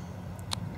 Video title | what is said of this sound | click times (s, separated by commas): Peggy Peg Crocodile Clamp, tarp clamp. | click it into place | 0.5 s